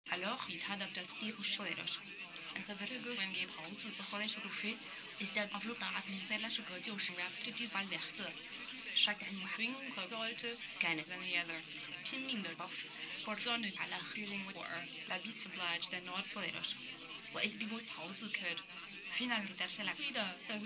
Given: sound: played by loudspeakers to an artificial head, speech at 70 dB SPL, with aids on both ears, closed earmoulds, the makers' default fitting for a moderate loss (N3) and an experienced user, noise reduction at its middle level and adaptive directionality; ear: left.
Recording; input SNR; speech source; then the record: speech test signal (ISTS) in cocktail-party noise; +9 dB; in front (0 degrees)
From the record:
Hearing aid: class 1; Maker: D